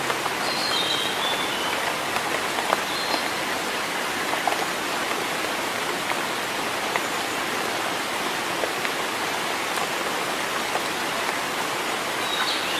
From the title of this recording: Rainy days in the forest in early summer